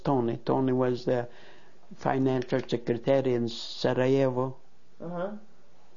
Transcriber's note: none